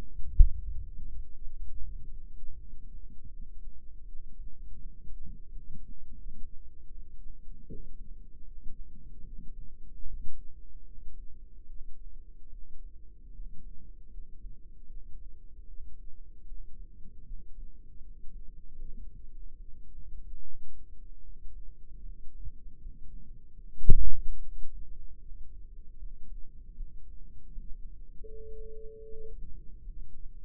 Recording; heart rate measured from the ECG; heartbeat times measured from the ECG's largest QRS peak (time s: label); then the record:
heart sounds by microphone in the left ear; 77 bpm
0.28 s: heartbeat
1.07 s: heartbeat
1.84 s: heartbeat
2.58 s: heartbeat
3.31 s: heartbeat
4.04 s: heartbeat
4.77 s: heartbeat
5.48 s: heartbeat
6.18 s: heartbeat
6.90 s: heartbeat
7.65 s: heartbeat
8.43 s: heartbeat
9.23 s: heartbeat
10.03 s: heartbeat
10.83 s: heartbeat
11.66 s: heartbeat
12.49 s: heartbeat
13.31 s: heartbeat
14.09 s: heartbeat
14.87 s: heartbeat
15.65 s: heartbeat
16.45 s: heartbeat
17.23 s: heartbeat
18.00 s: heartbeat
18.79 s: heartbeat
19.58 s: heartbeat
20.39 s: heartbeat
21.20 s: heartbeat
22.00 s: heartbeat
22.78 s: heartbeat
23.57 s: heartbeat
24.37 s: heartbeat
25.17 s: heartbeat
25.96 s: heartbeat
26.74 s: heartbeat
27.49 s: heartbeat
28.25 s: heartbeat
29.02 s: heartbeat
29.80 s: heartbeat
From the record:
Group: healthy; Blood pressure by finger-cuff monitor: 119/78 mmHg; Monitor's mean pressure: 94 mmHg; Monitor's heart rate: 76 bpm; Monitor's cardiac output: 4.8 L/min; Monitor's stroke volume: 62 mL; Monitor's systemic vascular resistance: 1460 dyn s/cm5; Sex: female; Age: 51 years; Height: 162 cm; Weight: 70.04 kg